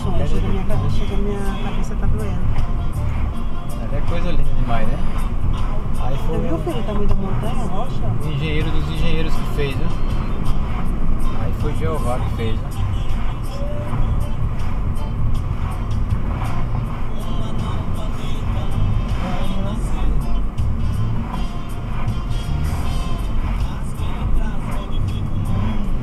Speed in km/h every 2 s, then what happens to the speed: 55, 57, 59, 62, 59, 57, 57, 57, 57, 53, 53, 54, 56.
0-6 speeds up to 62. 6-18 slows to 53. 18-26 steady at about 53.